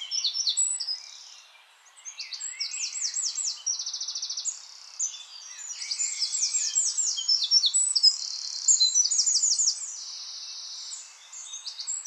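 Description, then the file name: Eurasian wren singing almost without pause, fast high warbles alternating with even, machine-like trills throughout. "Troglodytes troglodytes"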